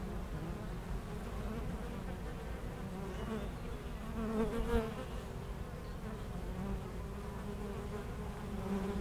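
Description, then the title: Honey bees buzzing steadily in a low layered hum, swelling louder midway. Honey bees foraging between two hives of an apiary in Aix-les-Bains, France, making constant trips to flowers. "Aix-les-Bains, France - Les abeilles"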